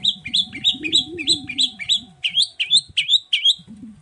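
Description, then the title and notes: Long-tailed Shrike repeating a bright, rising two-part note about three times a second, a quick run of 'toet' phrases, with a faint low rumble beneath. Cendet heard in the morning, singing the 'toet toet' variation; recording used as a lure to provoke other shrikes into answering. "Langsung NYAUTTTTT ! Cendet Gacor Dor Di Kala Pagi Toet Toet Variasi Suara. Pancingan Emosi Cendet Gacor Full Variasi Toet Toet Bikin Nyaut Cendet Lain Langsung Ikutan Bunyi. Burung cendet"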